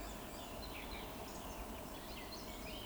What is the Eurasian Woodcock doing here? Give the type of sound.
whistle